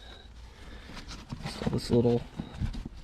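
A small plastic interior trim piece on a VW MK4 R32 is handled at a trunk panel, ready to be pressed back into place. Someone talks, with light handling noise underneath. Nothing has seated or clicked yet; the clip ends before the part goes home.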